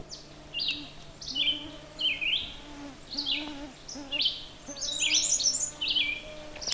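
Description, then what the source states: American Redstart song: high, sweet, sharply inflected notes with a busier burst near the end, among other birdsong. Repeating its erratic song, switching between song types, over a continuously singing red-eyed vireo; black, orange and white male seen while singing.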